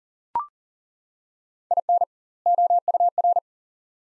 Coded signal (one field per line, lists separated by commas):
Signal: Morse code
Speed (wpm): 40 wpm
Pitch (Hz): 700 Hz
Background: none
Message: IN OUR